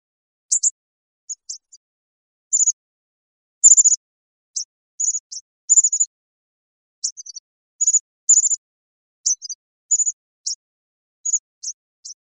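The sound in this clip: Bird giving very high, thin chirps in short clusters, scattered irregularly with brief pauses, against a silent background.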